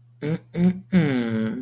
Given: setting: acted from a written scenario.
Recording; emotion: vocal sound without words; pride